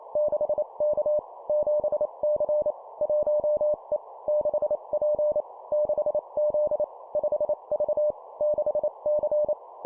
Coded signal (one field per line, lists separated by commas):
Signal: Morse code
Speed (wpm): 28 wpm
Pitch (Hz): 600 Hz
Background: none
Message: 6K 7C 1E 6P 6Z 5V 6C